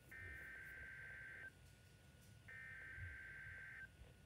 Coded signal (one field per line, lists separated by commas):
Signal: Emergency Alert System (SAME) tones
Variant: header bursts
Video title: Weather radio: RWT EAS (VIII)